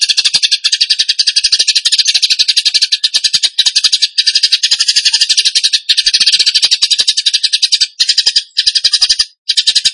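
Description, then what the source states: Bird song: an unbroken, fast, buzzy high trill of dense pulses running for seconds, with short breaks near the end. Bird singing in the tembakan gacor style, for training other birds (masteran).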